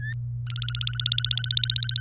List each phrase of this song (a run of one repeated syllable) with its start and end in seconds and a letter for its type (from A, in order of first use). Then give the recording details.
0.00-0.14 A, 0.47-2.00 B. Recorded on 27 April 2018 at 08:38. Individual llb3